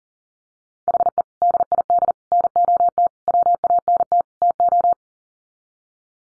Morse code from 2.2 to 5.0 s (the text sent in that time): NOT WANT TO